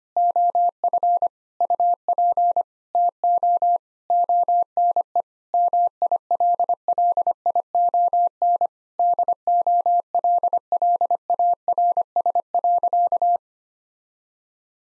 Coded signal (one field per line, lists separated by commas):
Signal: Morse code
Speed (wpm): 25 wpm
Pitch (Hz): 700 Hz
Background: none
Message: OF UP TO ONE MILLION DOLLARS.